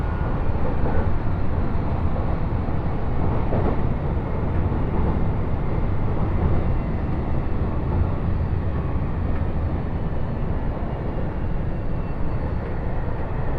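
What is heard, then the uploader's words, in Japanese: A rail journey toward Osaka Airport, with the steady low roar of a moving train filling the whole stretch. The rumble stays dense and even, with faint rattles and brief clunks around the fourth second, and no clear voices or announcements. 鉄道旅 大物→梅田→蛍池→大阪空港。蛍池で大阪モノレールに乗り換えて１駅先の大阪空港へと向かいます。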